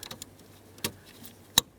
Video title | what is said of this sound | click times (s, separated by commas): How to Replace Brake Light Switch 2010-2017 Chevrolet Equinox | Make sure it clicks, lock it down, and let's reassemble the panel. | 1.6 s